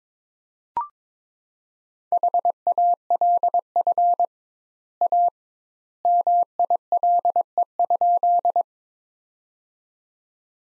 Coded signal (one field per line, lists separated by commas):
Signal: Morse code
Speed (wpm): 22 wpm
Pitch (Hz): 700 Hz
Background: none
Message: HALF A MILE?